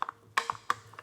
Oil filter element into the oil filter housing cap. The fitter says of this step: till it makes that nice click sound